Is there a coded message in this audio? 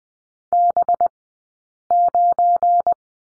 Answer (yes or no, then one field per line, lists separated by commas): yes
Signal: Morse code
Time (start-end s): 0.5-2.9 s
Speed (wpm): 20 wpm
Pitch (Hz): 700 Hz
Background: none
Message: B9